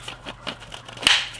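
The front barrel band of a Mosin rifle is slid onto the wooden stock with a few light scrapes and taps. It snaps into its small notch with a sharp click at 1.0 s and seats.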